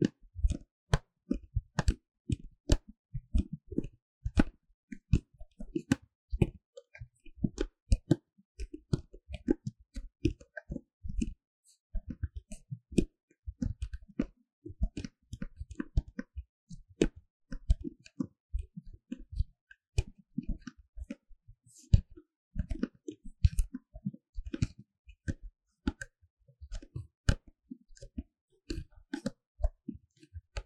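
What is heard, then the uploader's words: A paper cup being handled, with a dense run of sharp clicks, crinkles and taps throughout. Many events have a low thump beneath them, and they come irregularly, bunched in quick clusters with short pauses, never settling into a steady rhythm. 紙杯觸發 | Paper Cup triggers | NoTalking.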